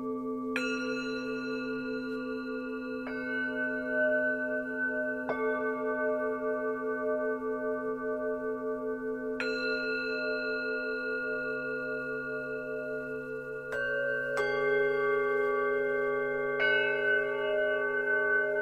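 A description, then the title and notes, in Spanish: Singing bowls struck every few seconds, each ringing tone layering over a steady low hum, with a louder cluster of strikes near fourteen seconds. Meditación con cuencos.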